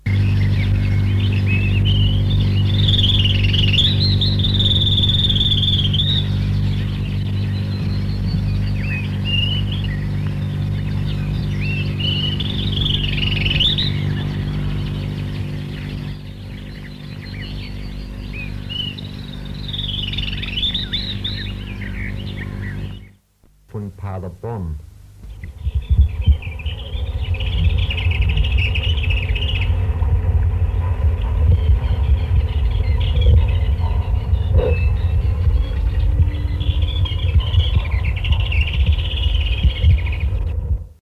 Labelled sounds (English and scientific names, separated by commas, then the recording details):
Garden Warbler (Sylvia borin) song
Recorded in the wild
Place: Federsee, Baden-Württemberg, DE
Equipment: Halbspur, 9,5 cm/s
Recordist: Lütgens, Hans
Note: Seltsam singende Gartengrasmücken, "Rätselvögel"